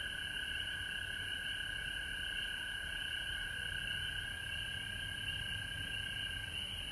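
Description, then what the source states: Unbroken frog chorus with a high shrill trill and a distinct lower continuous note, a faint low rumble beneath throughout. Recorded at home in Georgia on March 19, 2020.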